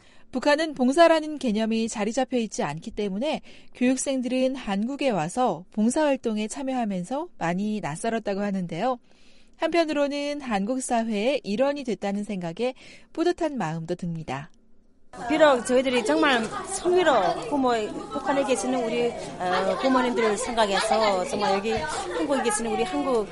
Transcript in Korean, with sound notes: 북한은 봉사라는 개념이 자리 잡혀 있지 않기 때문에 교육생들은 한국에 와서 봉사 활동에 참여하면서 많이 낯설었다고 하는데요, 한편으로는 한국사회의 일원이 됐다는 생각에 뿌듯한 마음도 듭니다. [녹취: 하나원 교육생] “비록 저희들이 정말 성의로 북한에 계시는 우리 부모님들을 생각해서 정말 여기 한국에 계시는 우리 한국